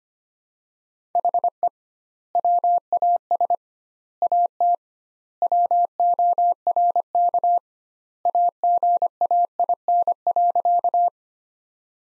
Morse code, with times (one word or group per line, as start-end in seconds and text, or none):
1.2-1.7 HE
2.4-3.5 WAS
4.2-4.8 AT
5.4-7.6 WORK
8.3-11.1 AGAIN.